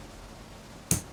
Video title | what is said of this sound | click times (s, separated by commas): How To Re-Key Whitco Blaxland / Mawson Lock Cylinder | I heard it click in. | 0.9 s